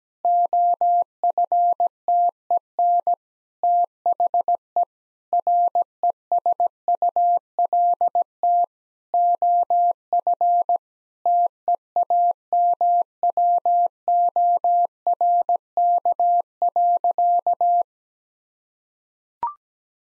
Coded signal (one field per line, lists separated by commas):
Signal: Morse code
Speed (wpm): 17 wpm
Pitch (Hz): 700 Hz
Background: none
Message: OFTEN THE RESULT OF TEAMWORK.